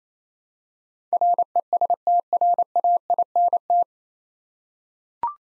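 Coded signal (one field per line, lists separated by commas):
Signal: Morse code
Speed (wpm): 28 wpm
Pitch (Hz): 700 Hz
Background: none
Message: RESTRAINT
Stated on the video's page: Morse head-copy drill of nine-letter words at 28 wpm, each word sent, spoken, then sent again.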